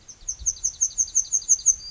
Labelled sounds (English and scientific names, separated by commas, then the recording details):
Yellowhammer (Emberiza citrinella) song
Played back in forest
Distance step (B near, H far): D
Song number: 003